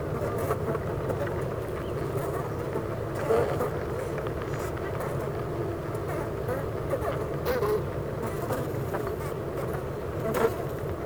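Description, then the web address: Honey bee hive buzzing, a dense steady drone with a low hum beneath, a few brief clicks and ticks over the top. Honey bee hive at Clara Vale, Gateshead, UK. "impossible-music Honey Bee Hive-Clara Vale,Gateshead,UK"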